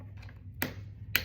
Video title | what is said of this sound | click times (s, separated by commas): How to clean a Phonak/Unitron Receiver-in-the-ear hearing aid | You'll hear that little click and it's basically removed the old filter. | 0.6 s, 1.2 s